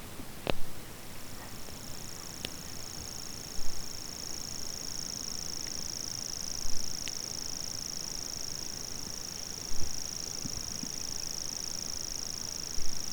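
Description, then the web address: Common grasshopper warbler reeling, a sustained high mechanical trill starting just after the opening, with brief clicks and knocks about every three seconds. Recorded 25 June 2020. "fagelljud 20200625 grashoppsangare"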